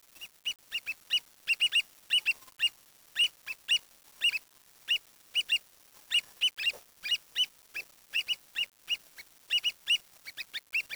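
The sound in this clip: Bird calls: short, sharp, slightly nasal notes repeated rapidly and irregularly, often in pairs or bursts, throughout.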